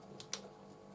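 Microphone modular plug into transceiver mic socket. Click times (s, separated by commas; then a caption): 0.3 s. The modular phone-style plug of a Yaesu MD-100 microphone, clip on the left, is pressed into the mic socket of a Yaesu FT450D radio and held against the radio. A soft tick at 0.2 s is followed by a sharper click at 0.3 s as the plug clicks into place, seated.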